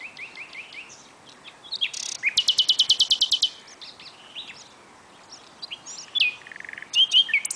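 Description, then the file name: Common nightingale singing varied phrases, including a fast rattling series of repeated notes and slurred whistles, then further chirps and a quick trill near the end. "Luscinia megarhynchos"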